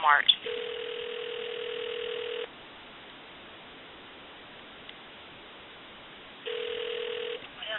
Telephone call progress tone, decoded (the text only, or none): ringback tone